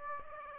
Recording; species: mosquito wingbeat signal from an infrared sensor; Aedes aegypti